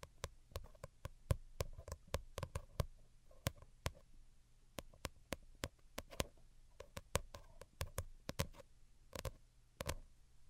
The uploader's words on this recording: Most Delicate and Calming Tapping. (No Talking).